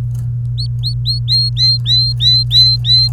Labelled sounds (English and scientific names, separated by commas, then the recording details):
Domestic Canary (Serinus canaria) song
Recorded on 28 April 2018 at 10:37
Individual llb3